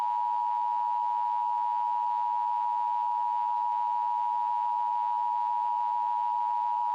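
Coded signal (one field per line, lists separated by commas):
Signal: Emergency Alert System (SAME) tones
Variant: 853 and 960 Hz attention tone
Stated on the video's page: Fictional EAS scenario, not a real alert, about strange cats breaching a lab.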